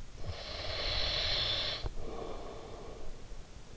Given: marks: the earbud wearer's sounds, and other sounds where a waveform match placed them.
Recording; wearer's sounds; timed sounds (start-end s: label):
sounds in sleep by an in-ear microphone; breath
0.00-3.77 s: breath